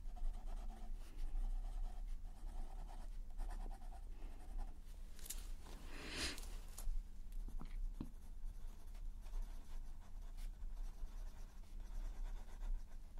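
Colouring pencil strokes scratch across paper in short, repeated bursts, fairly steady through the clip with brief pauses between passes. Around six seconds a sharper, brighter scrape stands out, followed by a few quick ticks near eight seconds. A low hum runs underneath throughout.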